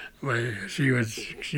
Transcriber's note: he laughs